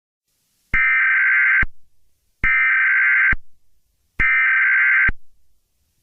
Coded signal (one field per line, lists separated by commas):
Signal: Emergency Alert System (SAME) tones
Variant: header bursts